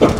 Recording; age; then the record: pig call; growing-finishing pig (85 days or more)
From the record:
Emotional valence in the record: positive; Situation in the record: run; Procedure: transit